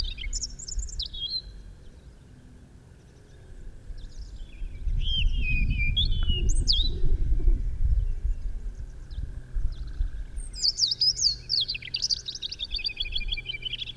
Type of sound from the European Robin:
song